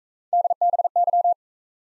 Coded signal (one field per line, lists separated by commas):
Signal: Morse code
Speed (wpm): 40 wpm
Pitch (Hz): 700 Hz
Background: none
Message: DBY